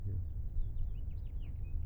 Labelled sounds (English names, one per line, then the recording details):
House Finch song
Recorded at Kismit on Long Island, New York, on 22 May 1975
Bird B